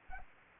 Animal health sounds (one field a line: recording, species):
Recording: mosquito wingbeat signal from an infrared sensor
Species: Anopheles arabiensis